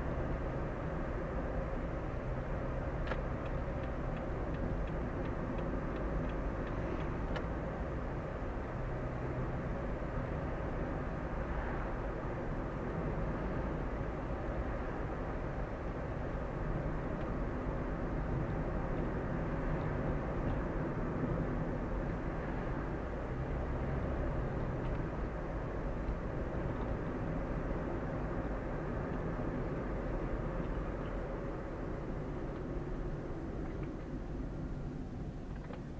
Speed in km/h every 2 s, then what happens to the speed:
58, 58, 58, 56, 55, 56, 54, 54, 54, 55, 55, 51, 53, 53, 53, 52, 38, 23.
0-30 steady at about 54. 30-36 brakes to 23.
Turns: none.